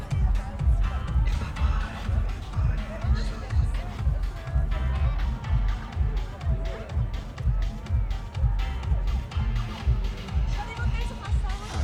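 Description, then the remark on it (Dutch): A large crowd of demonstrators on a climate march in 2023 moves along on foot, with steady rhythmic footfalls and shuffling under a continuous murmur of many voices, loud and dense throughout. “Enorme vloed aan mensen die nu zijn een klein team.”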